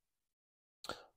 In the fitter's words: it actually clicks when it gets to the bottom so something there is actually helping it to retain fully seated but